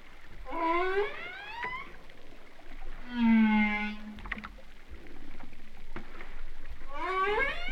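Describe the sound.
Humpback whale song: upward-sweeping harmonic cries, then a sustained low droning moan, with another rising cry at the end.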